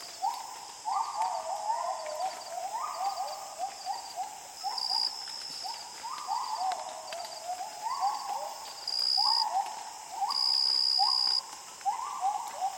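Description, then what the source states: Gibbon calling in a long series of rising, swooping hoots, with a continuous high insect buzz behind. Gibbons at dawn in Borneo rainforest jungle, calm dawn chorus with insects.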